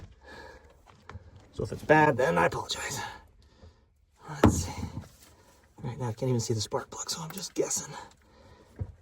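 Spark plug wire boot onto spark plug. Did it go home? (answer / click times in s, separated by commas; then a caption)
no / none. Someone talks while pushing a spark plug wire boot onto a spark plug on a 2021 Malibu 23LSV, working by feel because the plug can't be seen. Brief handling knocks break through the speech, and nothing has seated or clicked yet by the end of the clip.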